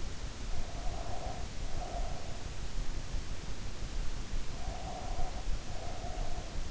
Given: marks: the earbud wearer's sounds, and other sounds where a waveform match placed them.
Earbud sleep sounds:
sounds in sleep by an in-ear microphone; breath
0.51-2.33 s: breath
4.51-6.59 s: breath

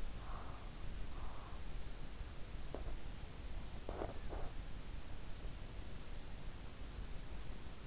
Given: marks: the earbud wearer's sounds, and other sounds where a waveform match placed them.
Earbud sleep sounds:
sounds in sleep by an in-ear microphone; breath, teeth grinding
0.03-1.66 s: breath
2.67-3.00 s: teeth grinding
3.75-4.76 s: teeth grinding

